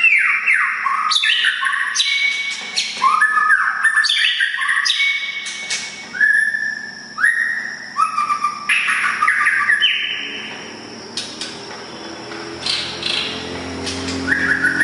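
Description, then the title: Oriental magpie-robin song: loud, varied whistled phrases with slurred downward notes and harsh squawky bursts, delivered rapidly; song fades to softer notes near the end. "kacer"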